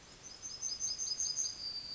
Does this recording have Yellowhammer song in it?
yes